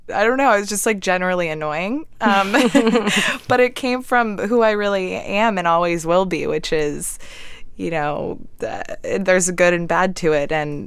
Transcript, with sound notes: I don't know, I was just, like, generally annoying.
(LAUGHTER)
But it came from who I really am and always will be, which is, you know - there's a good and bad to it.